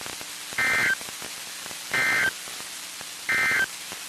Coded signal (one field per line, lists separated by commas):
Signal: Emergency Alert System (SAME) tones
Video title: EAS 2215-2228 (3/16/23)